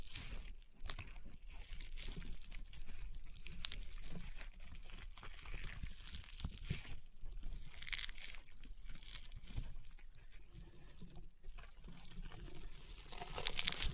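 Crunchy, popping slime is pressed and squeezed in a dense, continuous stream of crackles and snaps. Sharp bright pops stand out around eight, nine and eleven seconds, and the crunching grows slightly louder toward the end.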